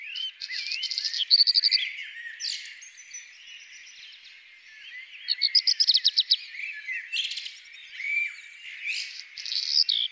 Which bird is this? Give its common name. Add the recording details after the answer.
Black Redstart. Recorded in the wild. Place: Freiburg im Breisgau / Lehen, Baden-Württemberg, DE. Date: 2002-04-21. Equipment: MiniDisc Sharp MT 20 H. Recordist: Schwarz, Dieter. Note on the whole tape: Song